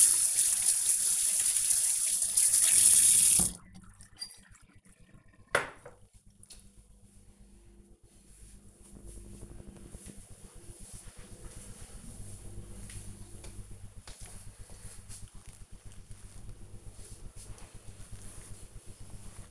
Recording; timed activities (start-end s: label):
household activities, microphone on the right wrist
0.00-5.29 s: washing dishes